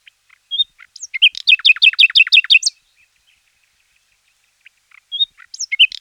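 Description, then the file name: Common nightingale song with a rapid, even run of several sharp repeated notes, framed by short whistles, then a pause before another phrase begins. Recorded in 2004. "roche 2004 nachtigall"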